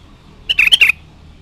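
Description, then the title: Sooty-headed bulbul delivering a short phrase of a few rounded notes in about half a second, then quiet. "Kutilang"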